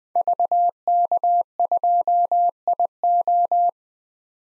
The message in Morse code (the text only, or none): VK2IO